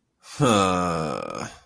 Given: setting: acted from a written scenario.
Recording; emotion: vocal sound without words; shame